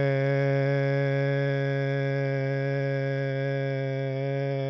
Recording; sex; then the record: sustained vowel /e/; male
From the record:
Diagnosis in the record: Parkinson's disease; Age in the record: 70 years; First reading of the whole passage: 68 s, 7.6 characters per second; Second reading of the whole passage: 61 s, 8.4 characters per second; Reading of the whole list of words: 64 s, 4.4 characters per second